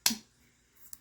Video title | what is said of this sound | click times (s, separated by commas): Whatever Wednesday Ep. 8 - iMethod Beauty Cream Blush Stick - PR - Demo - Review & Shenanigans | Now, you heard this side snap back on. | 0.1 s